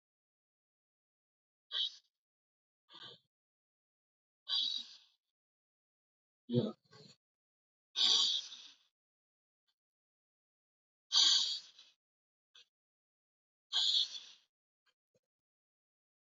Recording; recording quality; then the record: deep breathing; excellent, no background noise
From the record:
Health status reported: COVID-19 positive, moderate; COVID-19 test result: positive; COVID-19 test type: RT-PCR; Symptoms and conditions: cough, cold, sore throat, fatigue, muscle pain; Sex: female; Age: 46 years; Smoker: no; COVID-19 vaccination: both doses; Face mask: worn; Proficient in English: yes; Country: India